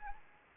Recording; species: mosquito wingbeat signal from an infrared sensor; Anopheles arabiensis